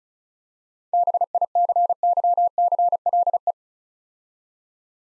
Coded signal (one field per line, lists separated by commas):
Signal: Morse code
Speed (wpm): 36 wpm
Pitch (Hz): 700 Hz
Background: none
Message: BICYCLE